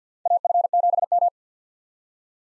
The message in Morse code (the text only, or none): AF7M